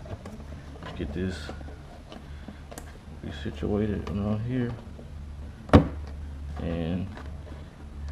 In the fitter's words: if you heard that snap, the replacement is complete.